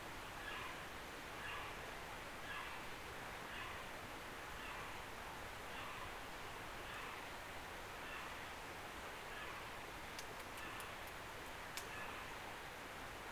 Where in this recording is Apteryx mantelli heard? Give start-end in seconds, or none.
0.00-12.27